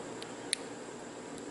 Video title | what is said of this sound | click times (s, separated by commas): OPT-7 FluxBeam LED Headlight Install - 2016 Nissan Frontier | that in there, locks in place. So now I got the LED connected to the driver. | 0.5 s